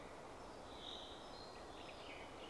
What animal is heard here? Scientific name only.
Fringilla coelebs